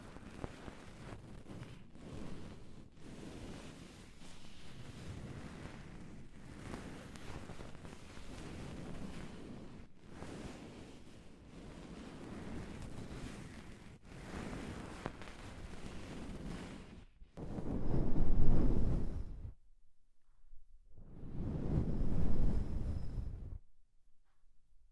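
Ear cleaning sounds: steady muffled rubbing and scratching with brief pauses, then two loud, deep, whooshing swells near the end, separated by silence.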